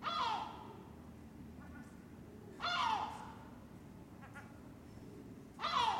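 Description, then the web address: Gull calls, three loud falling wailing cries spaced about three seconds apart, with a low steady hum underneath. Seagulls recorded in a city. "the sound pack tree. city seagulls"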